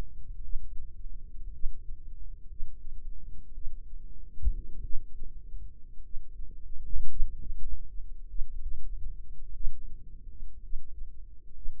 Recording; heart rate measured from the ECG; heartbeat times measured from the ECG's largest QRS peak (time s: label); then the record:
heart sounds by microphone in the right ear; 54 bpm
0.41 s: heartbeat
1.51 s: heartbeat
2.47 s: heartbeat
3.53 s: heartbeat
4.81 s: heartbeat
6.01 s: heartbeat
7.07 s: heartbeat
8.27 s: heartbeat
9.52 s: heartbeat
10.60 s: heartbeat
11.53 s: heartbeat
From the record:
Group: healthy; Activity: rest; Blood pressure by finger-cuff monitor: 96/56 mmHg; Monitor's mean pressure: 68 mmHg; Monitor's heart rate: 53 bpm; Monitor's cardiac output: 4.6 L/min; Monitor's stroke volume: 85 mL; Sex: female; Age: 36 years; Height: 163 cm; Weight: 88 kg